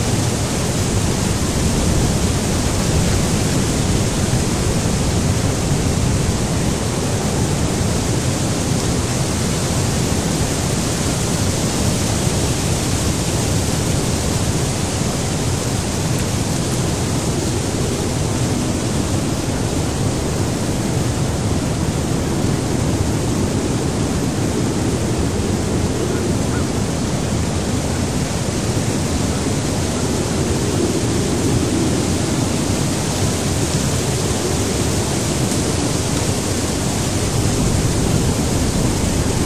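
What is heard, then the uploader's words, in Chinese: Wind sweeps across grassland in a steady, dense rush that never lets up, fullest in the low end with a faint hiss above. 大自然声音助眠：风过草原。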